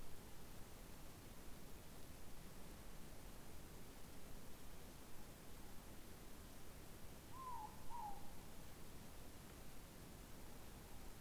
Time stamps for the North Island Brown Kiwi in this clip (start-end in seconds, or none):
none